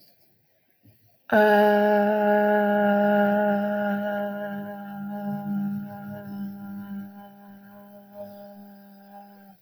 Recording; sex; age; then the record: vowel held as long as possible; female; 20 to 29 years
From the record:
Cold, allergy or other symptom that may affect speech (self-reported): no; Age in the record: 28 years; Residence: New Jersey, United States